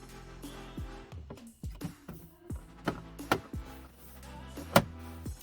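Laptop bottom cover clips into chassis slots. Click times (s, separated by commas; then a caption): 3.3 s, 4.8 s. The plastic bottom cover of an HP OMEN 15 laptop is pressed back onto the chassis after installing an M.2 SSD storage drive, with music playing throughout. Softer taps and knocks lead up to sharp clicks at 3.3 s and 4.8 s as the cover clips snap home into their slots, leaving the cover seated.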